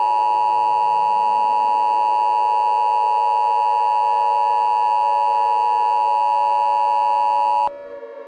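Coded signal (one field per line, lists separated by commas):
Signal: Emergency Alert System (SAME) tones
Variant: 853 and 960 Hz attention tone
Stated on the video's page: Fictional EAS scenario.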